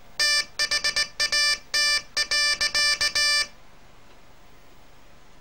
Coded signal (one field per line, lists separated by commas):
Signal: Morse code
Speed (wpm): 19 wpm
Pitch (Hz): 1750 Hz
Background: none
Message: THAT.